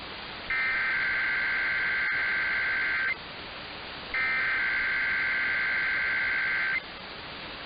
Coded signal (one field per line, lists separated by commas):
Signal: Emergency Alert System (SAME) tones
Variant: header bursts